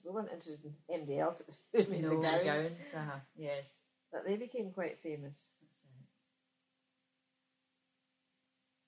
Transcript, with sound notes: We weren't interested in anybody else, it was who made the gowns. [laughs]
Yes.
But they became quite famous.
That's right.